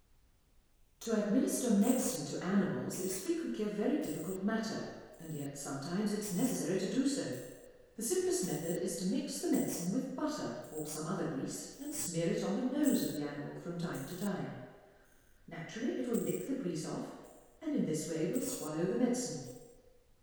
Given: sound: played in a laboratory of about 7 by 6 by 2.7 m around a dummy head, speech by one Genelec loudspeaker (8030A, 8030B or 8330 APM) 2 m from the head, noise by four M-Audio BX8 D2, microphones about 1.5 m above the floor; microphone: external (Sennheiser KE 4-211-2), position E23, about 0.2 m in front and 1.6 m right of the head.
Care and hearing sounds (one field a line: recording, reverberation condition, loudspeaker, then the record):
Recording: female speech in English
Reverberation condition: high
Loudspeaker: 30 degrees to the right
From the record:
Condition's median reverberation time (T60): about 1300 ms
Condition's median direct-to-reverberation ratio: about -4.0 dB